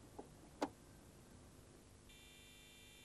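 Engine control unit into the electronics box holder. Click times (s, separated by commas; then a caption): 0.6 s. The Motronic 3.1 engine control unit of a BMW M50 engine is pushed into its slot in the electronics box, where it is no longer screwed in but only plugged and has to click audibly into place. A faint tick at 0.2 s is followed by a sharp, louder click at 0.6 s as the unit seats, then quiet background with faint steady high tones from about 2.1 s.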